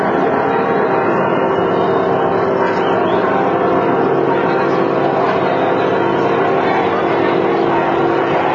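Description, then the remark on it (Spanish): Church bells of a Mexican town ring on and on in a dense, loud clangor, their overlapping tones blending into a steady metallic wash with no pause throughout. “Si les parece, vamos a esperarnos un segundo a que terminen las campanas.”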